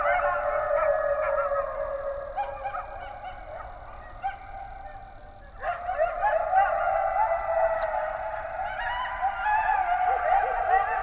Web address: sounds mammals Coyote 2012 01 20 Coyotes